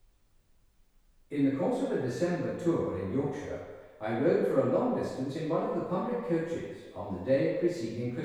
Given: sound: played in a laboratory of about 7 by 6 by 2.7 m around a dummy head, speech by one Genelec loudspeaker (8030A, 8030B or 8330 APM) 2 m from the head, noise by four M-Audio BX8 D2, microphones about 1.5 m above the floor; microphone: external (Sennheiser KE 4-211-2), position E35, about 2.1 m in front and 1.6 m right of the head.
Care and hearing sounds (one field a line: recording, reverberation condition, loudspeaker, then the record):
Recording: male speech in English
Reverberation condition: high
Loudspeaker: 120 degrees to the right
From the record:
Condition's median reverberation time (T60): about 1300 ms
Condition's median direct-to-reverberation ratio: about -4.0 dB